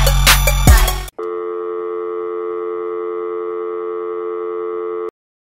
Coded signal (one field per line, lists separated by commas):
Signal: telephone call progress tone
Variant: North America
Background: music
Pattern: dial tone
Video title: GLACIER MACK FT. SquareBizness Cliff - Dial Tone